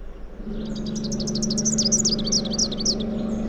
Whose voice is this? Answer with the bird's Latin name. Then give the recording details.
Basileuterus rufifrons. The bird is a male. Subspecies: rufifrons. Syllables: 26. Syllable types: 8. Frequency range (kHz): 2.8-8.3 kHz. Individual AR-R04-M